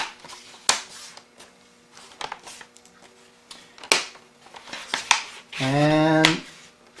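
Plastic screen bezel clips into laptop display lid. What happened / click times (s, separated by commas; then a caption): Plastic bezel clips snap into place / 0.7 s, 3.9 s, 5.1 s. The plastic screen bezel of a Lenovo G700 laptop is pressed around the display lid so its clips snap in, giving sharp plastic clicks at 0.7, 3.9 and 5.1 seconds among quieter taps and handling noise. Someone briefly talks near the end, and the bezel is fully seated on the lid.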